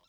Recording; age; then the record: pig call; piglet (1 to 25 days)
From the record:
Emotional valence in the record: positive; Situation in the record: reunion after long isolation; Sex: male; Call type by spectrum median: high-frequency call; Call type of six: mixed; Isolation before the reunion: 8 minutes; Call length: 0.09 s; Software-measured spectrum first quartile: 773 Hz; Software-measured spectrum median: 2566 Hz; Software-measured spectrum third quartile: 4451 Hz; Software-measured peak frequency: 3835 Hz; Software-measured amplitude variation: 62 dB a second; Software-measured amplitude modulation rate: 5.7 a second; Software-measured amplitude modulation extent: 10.8 dB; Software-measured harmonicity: 2.0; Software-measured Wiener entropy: -1.61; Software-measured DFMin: 854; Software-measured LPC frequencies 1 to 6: 883, 2739, 3395, 3882, 5403, 6407 Hz